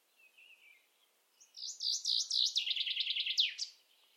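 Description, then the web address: Common chaffinch song: a soft thin twitter first, then a loud descending sequence of rapid notes ending in a distinct flourish. "Deverinetal"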